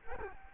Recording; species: mosquito wingbeat signal from an infrared sensor; Culex quinquefasciatus